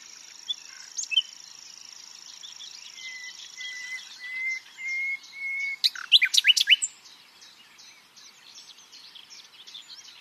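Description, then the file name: Common nightingale song: soft phrases, then a run of long, pure whistles on one pitch, ending in a loud burst of rapid, sharp repeated notes, with a steady high whine in the first part. "Luscinia megarhynchos"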